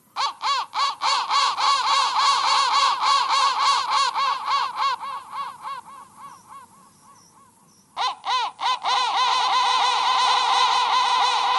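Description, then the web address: Crow caws: dense harsh cawing that thins out and drops quiet near seven seconds, then resumes abruptly with loud rapid calls until the close. "soundfactory crow"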